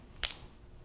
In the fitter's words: may even hear as that boot comes up you may hear that snap onto the back of the the connector like so